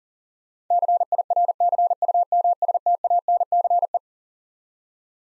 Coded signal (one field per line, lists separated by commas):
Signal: Morse code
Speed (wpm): 40 wpm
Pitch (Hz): 700 Hz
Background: none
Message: CIRCUMSTANCE